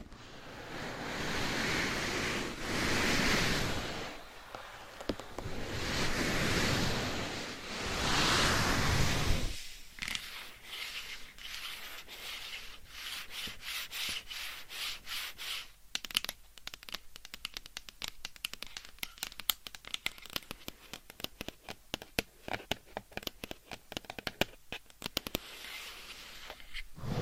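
Scratching, tapping and massage sounds on microphones. For the first ten seconds, slow rubbing swells rise and fall like surf, then the sound turns to dense, quick nail taps and scratches, with a few sharper, louder clicks around sixteen and twenty-five seconds.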